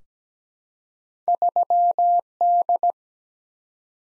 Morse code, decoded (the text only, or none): 3D